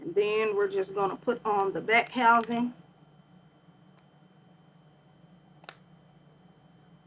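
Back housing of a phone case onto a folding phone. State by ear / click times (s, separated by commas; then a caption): seated / 5.6 s, 5.7 s. Someone talks, then the rigid plastic back housing of a rugged case is pressed onto the back of a folding phone. It gives a short double snap at 5.6 and 5.7 seconds as it seats in place.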